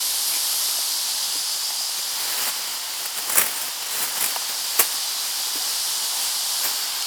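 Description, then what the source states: Cicada song, a constant high-pitched buzzing hiss, interrupted by a few sharp knocks and clicks near the middle. Species epithet dimissa, family Cicadidae.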